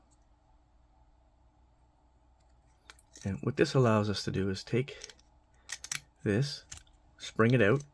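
A spring-loaded 3D-printed plastic part on a 3D-printed transforming action figure is handled and pulled out while someone talks, with a few brief handling ticks around 2.9 s and 5.7–6.0 s. Nothing has seated or clicked into place yet; the clip ends before the part snaps home.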